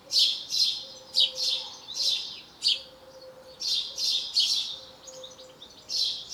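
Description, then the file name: House sparrow chirping in quick bursts, harsh bright chirps grouped in twos and threes with short gaps. "Passer domesticus"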